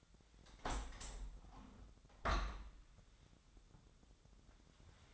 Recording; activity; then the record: daily activity, microphone in the room; open window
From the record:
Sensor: 3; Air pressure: 1006.5 hPa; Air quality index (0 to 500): 194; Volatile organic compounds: 14 ppm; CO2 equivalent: 2462 ppm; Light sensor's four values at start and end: 10/23/9/9 and 10/24/10/10